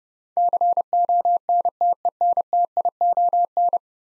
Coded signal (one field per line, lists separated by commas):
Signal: Morse code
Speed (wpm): 30 wpm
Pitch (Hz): 700 Hz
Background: none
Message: CONTENTION